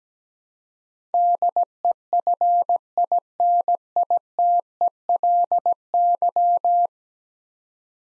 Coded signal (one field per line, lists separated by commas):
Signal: Morse code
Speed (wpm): 17 wpm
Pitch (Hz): 700 Hz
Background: none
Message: DEFINITELY